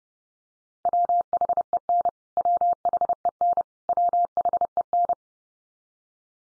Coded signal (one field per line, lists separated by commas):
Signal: Morse code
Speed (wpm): 30 wpm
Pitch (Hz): 700 Hz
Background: none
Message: WHEN WHEN WHEN